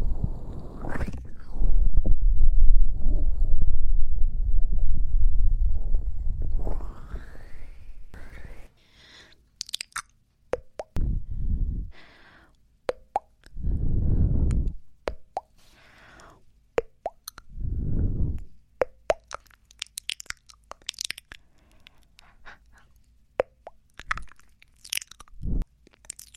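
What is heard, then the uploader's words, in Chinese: Wet mouth sounds and kissy 'bobo' pops, made at the ear. The first eight seconds hold a dense, low, muffled rumble; after that come sparse bursts of soft thuds around 10, 14 and 18 seconds, scattered with sharp clicks and smacks. 啵啵bobo&嘴巴啄耳&口腔音。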